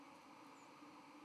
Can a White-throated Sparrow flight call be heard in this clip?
yes